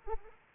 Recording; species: mosquito wingbeat signal from an infrared sensor; Anopheles arabiensis